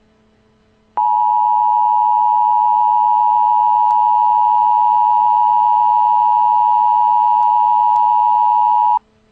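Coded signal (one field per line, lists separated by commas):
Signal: Emergency Alert System (SAME) tones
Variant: 853 and 960 Hz attention tone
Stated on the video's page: Real tornado and flash flood EAS warnings.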